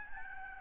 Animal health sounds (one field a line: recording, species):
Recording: mosquito wingbeat signal from an infrared sensor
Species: Aedes albopictus